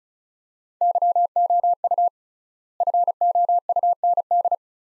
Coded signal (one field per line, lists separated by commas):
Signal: Morse code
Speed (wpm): 36 wpm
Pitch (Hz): 700 Hz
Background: none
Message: YOU FOUND